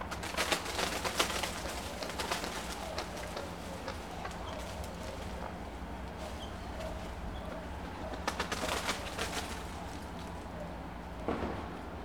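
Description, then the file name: Chicken cackling and flapping in several short harsh bursts, clustered near the start, around eight seconds and near the end, over steady low hum. Chicken cackling while running and flapping its wings along a stone street, with birds and people in the distance. "Galinha cacareja corre e bate asas pela rua de pedra, passaros e pessoas longe"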